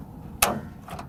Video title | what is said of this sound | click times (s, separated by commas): 95 Cherokee Hood Release Cable Replacement | pops forward again so that's what happens when you open the hood release cable | 0.4 s